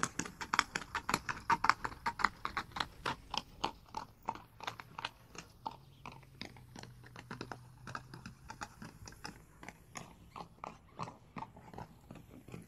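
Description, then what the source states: Horse hoofbeats, rapid clattering strikes that start strong then soften, with a faint low hum in the middle stretch. Horse running.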